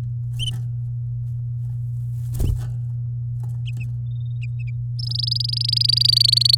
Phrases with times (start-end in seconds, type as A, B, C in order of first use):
4.99-6.55 A